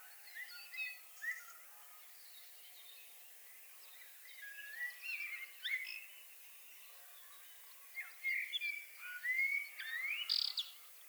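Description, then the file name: Common blackbird calls as scattered, curving whistled notes that come in loose bursts, busiest near the end, over a steady faint background hiss. "Turdus merula"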